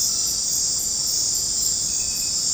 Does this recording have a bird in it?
no